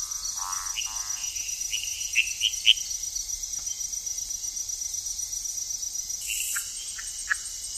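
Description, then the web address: Tiger-striped leaf frog calls: two quick harmonic clucks early on, then chirps and scattered short notes, with a constant shrill insect chorus behind. Recorded in the Ecuadorian Amazon. "Natures Songs S America Frogs of Ecuadorian Amazon Phyllomedusa tomopterna"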